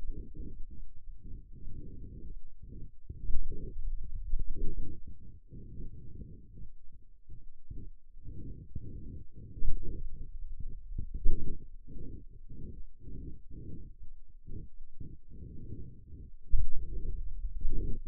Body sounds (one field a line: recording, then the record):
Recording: forearm muscle sounds (acoustic myography)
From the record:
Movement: finger pinch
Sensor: system 2, bracelet of six BSWA MPA416 microphones around the upper forearm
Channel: 6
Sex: male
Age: 22 years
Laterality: right